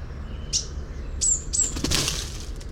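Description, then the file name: Eurasian blue tit thin, very high sharp calls, three brief notes in quick succession, followed by a soft wing flutter, with faint low background rumble. "Cyanistes caeruleus"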